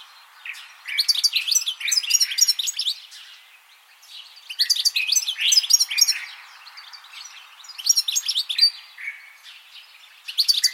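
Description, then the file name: European goldfinch giving lively tinkling bursts of rapid twittering notes, several bursts with short quieter gaps between. "Carduelis carduelis"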